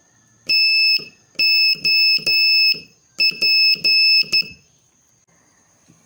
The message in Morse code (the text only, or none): TOP